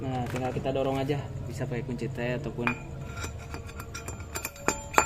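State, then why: Seated. A metal needle bearing is pushed with a T-wrench into the rear pulley boss of a scooter's CVT, which is being serviced for a growling noise. Someone talks over scraping metal taps. The bearing clicks home at 5.0 s and is seated.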